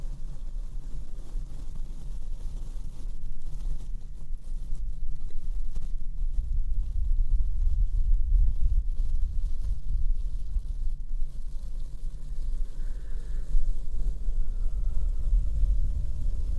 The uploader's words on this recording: ASMR super slow mic brushing & blowing - bassy, binaural, no makeup.